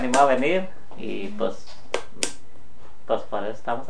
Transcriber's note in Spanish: none